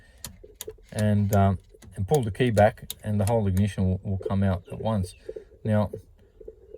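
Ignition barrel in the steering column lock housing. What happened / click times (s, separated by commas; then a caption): The lock cylinder's release detent clicked free / 0.2 s, 0.6 s. With the key turned to the on position, the small release button on the ignition barrel in the steering column lock housing of a Holden Commodore VZ is pressed, and the metal detent clicks sharply at 0.3 s and 0.6 s. The barrel releases and begins to move out while someone talks for the rest of the clip.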